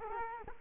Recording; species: mosquito wingbeat signal from an infrared sensor; Culex quinquefasciatus